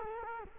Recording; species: mosquito wingbeat signal from an infrared sensor; Culex quinquefasciatus